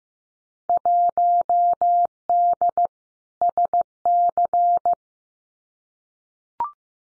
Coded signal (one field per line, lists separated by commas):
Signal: Morse code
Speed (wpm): 15 wpm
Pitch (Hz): 700 Hz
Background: none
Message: 1D SC